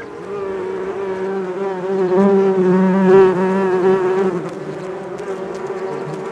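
Bee buzzing with a clear, pitched hum that swells to a peak midway and then fades back down.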